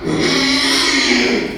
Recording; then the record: squeal of a Yucatan mini pig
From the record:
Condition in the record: after surgery on the right vocal fold (resection and tissue-engineered implant); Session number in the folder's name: 2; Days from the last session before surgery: 13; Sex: male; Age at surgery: 12 weeks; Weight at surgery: 13 kg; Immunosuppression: cyclosporine, prednisolone